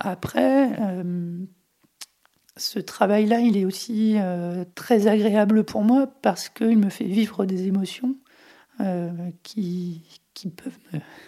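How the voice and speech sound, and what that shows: A man of about 40 speaks French in a high, light voice pitched around 200 Hz. He has puberphonia (persistent falsetto): his voice change failed at adolescence and he kept his boy's head voice.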